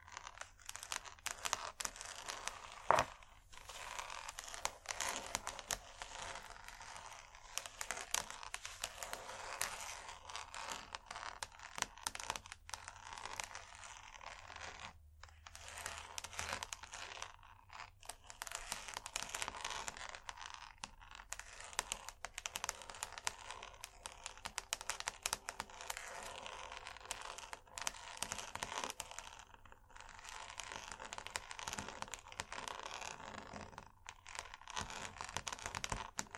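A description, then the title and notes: Scratchy tapping runs almost without pause for the whole stretch, a dense, crackly stream of small clicks and rubbing sounds that crinkle like paper. A sharp, louder tap stands out near three seconds, and brief gaps break the flow around 15 and 30 seconds. Irresistible Scratchy-tapping.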